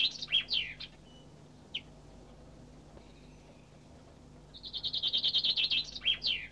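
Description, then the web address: Bird song: swooping notes and a short call, then a long rapid trill followed by a flourish of swooping notes, over a steady faint hum. "audio animali uccelli 03 uccelli birds 08"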